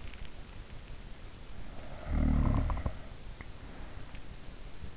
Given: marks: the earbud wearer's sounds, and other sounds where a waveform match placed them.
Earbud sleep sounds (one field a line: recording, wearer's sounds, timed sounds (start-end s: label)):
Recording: sounds in sleep by an in-ear microphone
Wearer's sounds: snoring breath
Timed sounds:
1.49-4.86 s: snoring breath